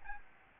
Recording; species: mosquito wingbeat signal from an infrared sensor; Aedes albopictus